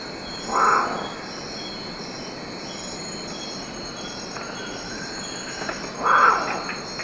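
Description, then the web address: Baudo guan giving two loud, harsh honking calls several seconds apart, over a steady high insect drone. Recorded in Ecuador. "S America Birds of Ecuador. Baudo Guan"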